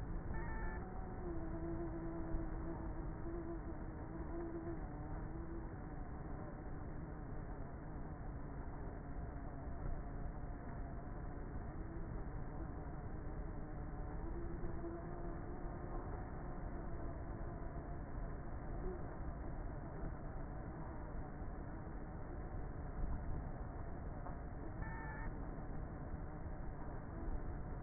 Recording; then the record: honeybee colony, microphone inside the hive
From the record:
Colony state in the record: queenless with a low population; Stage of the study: before two queens were removed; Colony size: about 30,000 bees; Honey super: no